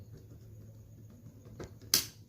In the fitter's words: okay now there's a click sound now it can stand there like this